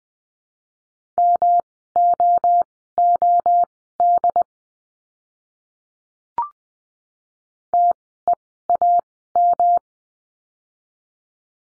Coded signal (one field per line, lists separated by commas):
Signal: Morse code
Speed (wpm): 20 wpm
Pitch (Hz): 700 Hz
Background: none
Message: MOOD TEAM